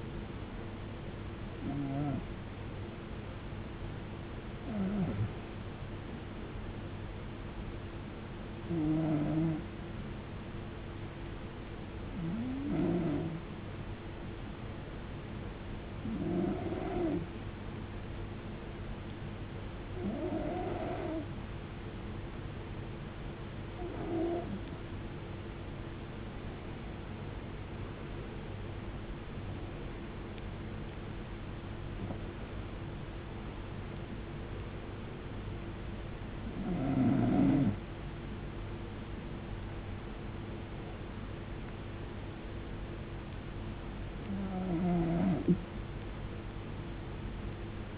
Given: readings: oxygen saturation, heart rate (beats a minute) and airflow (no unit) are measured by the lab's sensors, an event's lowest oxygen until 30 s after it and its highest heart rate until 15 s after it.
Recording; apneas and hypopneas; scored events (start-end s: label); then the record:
breathing in sleep by a voice recorder at the bedside; 1
11.00-30.70 s: hypopnea (N1, oxygen 95% highest, then 92% lowest, heart rate 80 at the start, 90 highest)
From the record:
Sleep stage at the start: N1 (lightest sleep); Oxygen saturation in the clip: 92 to 95%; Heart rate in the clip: 68 to 90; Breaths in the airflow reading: 13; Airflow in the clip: -14.1 to 15.4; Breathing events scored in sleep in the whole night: 389 in 6.3 hours asleep